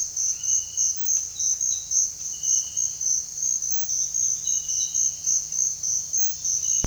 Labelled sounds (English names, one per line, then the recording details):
none
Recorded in dense forest near Puerto Asís, Putumayo, Colombia, on 18 February 2024 at 06:30
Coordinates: 0.485, -76.322
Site G6406